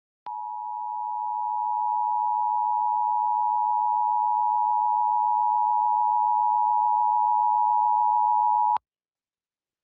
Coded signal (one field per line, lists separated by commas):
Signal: Emergency Alert System (SAME) tones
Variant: 853 and 960 Hz attention tone